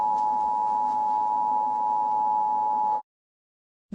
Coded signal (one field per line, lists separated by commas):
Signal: Emergency Alert System (SAME) tones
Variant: 853 and 960 Hz attention tone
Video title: A Monster returns EAS scenario ￼